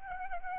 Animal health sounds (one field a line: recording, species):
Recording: mosquito wingbeat signal from an infrared sensor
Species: Aedes albopictus